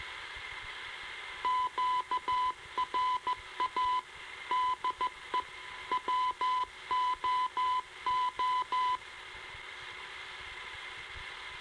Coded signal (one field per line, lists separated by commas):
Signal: Morse code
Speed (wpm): 14 wpm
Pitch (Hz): 1000 Hz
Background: radio noise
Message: QRA DE WOO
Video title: My Introduction to Shortwave Radio pgm. 2, 1968-70